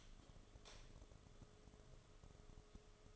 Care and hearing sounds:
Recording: daily activity, microphone in the room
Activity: light off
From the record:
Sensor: 4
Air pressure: 1011.0 hPa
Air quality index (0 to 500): 149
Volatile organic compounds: 3 ppm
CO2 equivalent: 1526 ppm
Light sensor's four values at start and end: 118/311/131/136 and 117/307/130/134

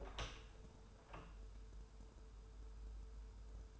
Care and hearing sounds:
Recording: daily activity, microphone in the room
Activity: open door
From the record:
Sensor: 2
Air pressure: 1015.1 hPa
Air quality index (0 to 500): 158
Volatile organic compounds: 7 ppm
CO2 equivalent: 2041 ppm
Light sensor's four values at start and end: 13/35/14/15 and 13/35/14/15

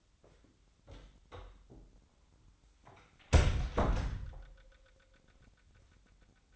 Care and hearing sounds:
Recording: daily activity, microphone in the room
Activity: close door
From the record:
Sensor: 3

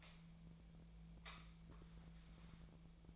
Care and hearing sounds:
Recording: daily activity, microphone in the room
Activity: light on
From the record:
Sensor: 1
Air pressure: 1009.8 hPa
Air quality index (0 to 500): 190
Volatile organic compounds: 18 ppm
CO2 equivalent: 2601 ppm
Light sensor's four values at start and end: 35/90/38/46 and 47/134/55/62

